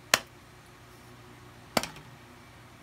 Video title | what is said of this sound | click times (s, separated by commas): Vortex 3” cantilever scope mount and covers, 1” scope rings on LR-308 | there's a nice positive click on these when you close them | 0.1 s